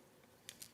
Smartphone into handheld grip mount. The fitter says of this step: I don't know if you heard that click, but this is what it looks like.